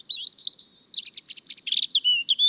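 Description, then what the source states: European robin song, a very high thin warbling of sliding whistles and rapid twittering notes. Heard first on a forest path in the evening during a walk; described as a very high little voice.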